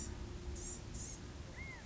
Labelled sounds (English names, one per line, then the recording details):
Blue-gray Gnatcatcher
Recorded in Sonoma County, California